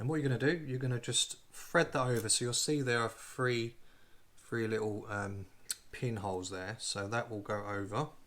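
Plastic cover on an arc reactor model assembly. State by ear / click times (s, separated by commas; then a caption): not seated / none. A small plastic cover is being threaded over three little pinholes on an arc reactor model assembly while someone talks throughout. Soft handling sounds sit beneath the speech, and nothing has seated or clicked yet.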